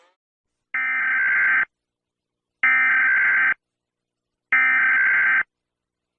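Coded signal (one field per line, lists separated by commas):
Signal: Emergency Alert System (SAME) tones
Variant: header bursts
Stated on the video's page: Ranked EAS alarms and civil defense sirens from different countries.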